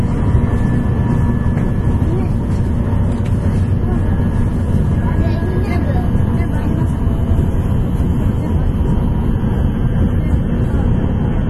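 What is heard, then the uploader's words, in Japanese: Running sound inside a Shinkansen Sakura train between Shin-Kobe and Shin-Osaka. A dense, steady low rumble fills the whole twelve seconds with an even level, topped by faint high tones and a thin hiss. A few soft voices blend into the drone. 新幹線さくら号の走行音です。JR九州車両のN700系で収録。区間は、新神戸到着直前から新大阪到着までです。新幹線さくら号 新神戸から新大阪。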